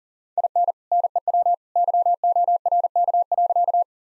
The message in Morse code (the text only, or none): IN NEW YORK.